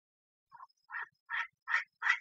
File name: tieng chim da da mai goi trong thai lan